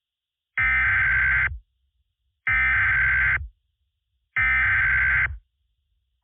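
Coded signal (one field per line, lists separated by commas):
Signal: Emergency Alert System (SAME) tones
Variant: header bursts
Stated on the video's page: Preview of a fictional EAS scenario.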